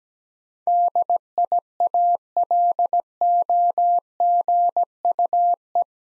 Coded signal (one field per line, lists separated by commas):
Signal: Morse code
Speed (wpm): 17 wpm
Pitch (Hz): 700 Hz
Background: none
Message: DIALOGUE